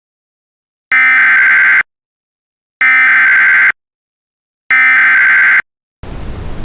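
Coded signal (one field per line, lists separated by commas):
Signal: Emergency Alert System (SAME) tones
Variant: header bursts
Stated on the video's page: Fictional EAS scenario.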